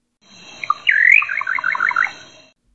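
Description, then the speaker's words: Little nightjar call: a few short notes, then a rising whistled slur and a rapid run of short bright notes, all within about two seconds, with a steady faint tone in the background. Lives in South America. "This is what the little nightjar sounds like."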